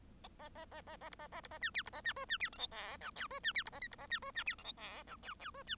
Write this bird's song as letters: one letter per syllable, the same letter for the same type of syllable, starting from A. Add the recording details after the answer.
A A A A A B A A B A C D B A C E C D F G H I J E C D B A K B A C E C D F G H I J J E C. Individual Bird1